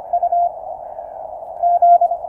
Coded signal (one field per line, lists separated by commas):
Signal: Morse code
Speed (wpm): 25 wpm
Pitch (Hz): 700 Hz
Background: none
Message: U G